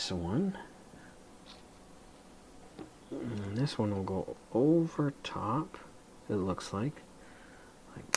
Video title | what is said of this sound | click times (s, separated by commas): LEGO F1 McLaren 2022 Full Build Part 4 (Bags #4) Finished | that. Snap right in. | 8.1 s